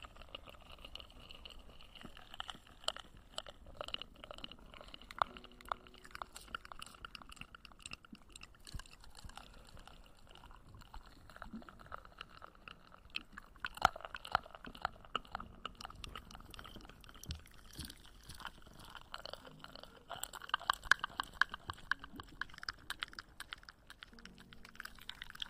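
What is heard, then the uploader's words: Eating sounds: wet chewing, soft clicks and small smacking noises crowd together with no pauses throughout. The crackle stays dense and bright, getting busier around fourteen and again near twenty-one seconds, over a faint low hum. Ear eating.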